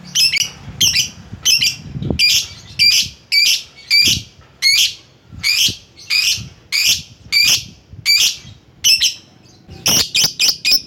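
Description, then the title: Lovebird calls, a steady series of shrill, harsh chirps, ending in a faster run of notes, with soft low thumps beneath. Lovebird calling a rival. "Lovebird Memanggil Lawan"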